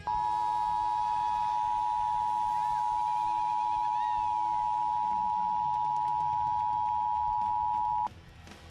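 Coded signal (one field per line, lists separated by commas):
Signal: Emergency Alert System (SAME) tones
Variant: 853 and 960 Hz attention tone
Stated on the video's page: Severe Thunderstorm Warning relayed by a television station.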